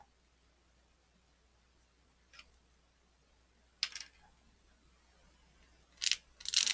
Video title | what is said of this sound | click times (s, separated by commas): On the Workbench: Episode 39: Creating your own "Oilbrushers" | can hear that sort of that collar click into place here | 3.8 s